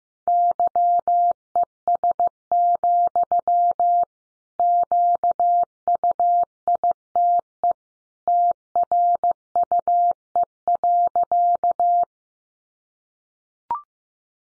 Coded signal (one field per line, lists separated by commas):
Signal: Morse code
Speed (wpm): 15 wpm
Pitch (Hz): 700 Hz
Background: none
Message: YES, QUITE TRUE.